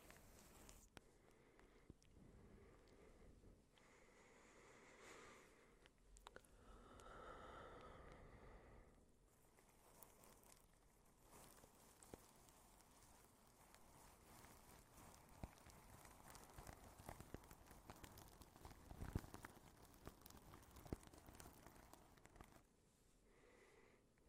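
Plastic wrap is crinkled softly, making a dense, crackly rustle that runs almost without pause for the whole stretch. A quieter, smoother patch comes around seven seconds, and the crackling grows busier and sharper from about fifteen to twenty-two seconds.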